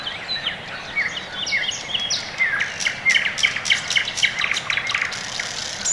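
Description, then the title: Birds singing together, bright chirps and short whistles tumbling over one another, with a run of sharp repeated notes midway. Quiet early morning in the Orekhovo-Borisovo Severnoye district, Moscow, Russia; recorded with a Sony ECM-MS2 into a Marantz PMD-661, processed with iZotope RX2 equalisation and gain. "район Орехово-Борисово Северное, Москва, Россия - Morning birds"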